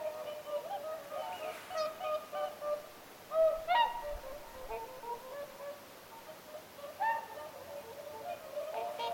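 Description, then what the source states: Whooper swans in a calling flock, nasal bugling honks overlapping, with several louder, sharper notes standing out near the middle and end. Several whooper swans calling at Lintulahti, 6 November 2025.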